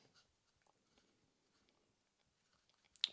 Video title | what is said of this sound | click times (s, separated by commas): Modifying a Google Nest Mini for Homeassistant - Onju Voice Tutorial | and it will all snap into place and we will press it on | 3.0 s